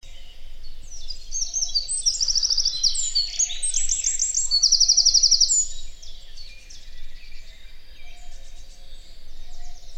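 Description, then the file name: Eurasian wren singing a fast, shrill cascade of tinkling notes and rattling trills that swells around the fifth second, then fades into softer twitters. "Troglodytes troglodytes"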